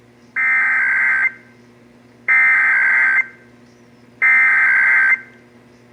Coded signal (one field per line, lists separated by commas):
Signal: Emergency Alert System (SAME) tones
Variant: header bursts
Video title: (EAS #573-583) March 2024 Texas Required Monthly Test